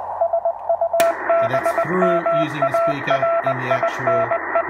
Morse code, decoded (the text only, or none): SUBMARINE